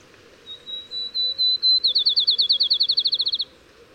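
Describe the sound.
Bird song: a few even, pure whistles rising in loudness, then a fast trill of many rapid notes lasting under two seconds.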